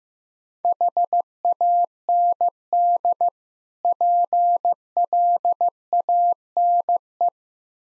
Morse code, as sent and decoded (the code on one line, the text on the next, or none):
.... .- -. -.. / .--. .-.. .- -. .
HAND PLANE